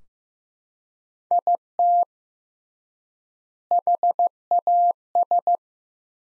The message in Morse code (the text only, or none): IT HAS